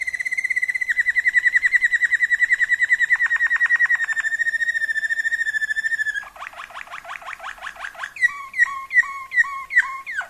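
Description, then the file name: Waterslager canary singing a long, steady rolling trill, then a fast rattling run of notes, followed by bubbling, water-like dipping notes repeated several times. Song variations of a Waterslager canary. "kenari waterslager variasi omkicau"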